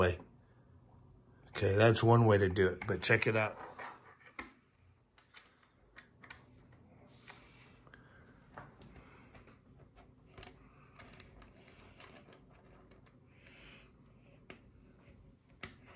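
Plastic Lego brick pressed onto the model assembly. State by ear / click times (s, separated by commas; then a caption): not seated / none. During a Lego set build, someone talks briefly while plastic Lego pieces are handled and pressed onto the model assembly, producing scattered light clicks and taps with a few sharper ticks. The brick has not seated or clicked home yet.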